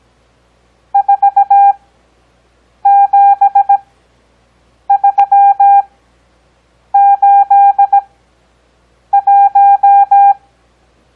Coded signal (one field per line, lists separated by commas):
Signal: Morse code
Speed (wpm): 17 wpm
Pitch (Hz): 800 Hz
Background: none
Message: 47381